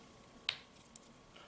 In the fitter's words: you can hear them click in position